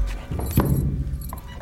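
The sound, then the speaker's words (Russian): Metal keys jingle in a short burst, a bright rattling clink that peaks briefly and then fades into a low background rumble. No one speaks. “Ключ останется у меня.”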